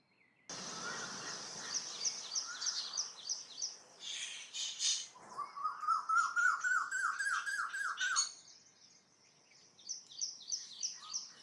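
Koel call: a run of arched, whistled notes rising in pitch, over steady high background sounds and scattered chirps.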